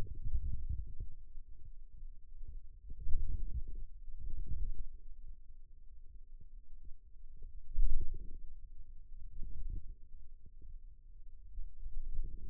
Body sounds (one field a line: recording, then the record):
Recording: forearm muscle sounds (acoustic myography)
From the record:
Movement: wrist flexion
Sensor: system 2, bracelet of six BSWA MPA416 microphones around the upper forearm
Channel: 1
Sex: male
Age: 22 years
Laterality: right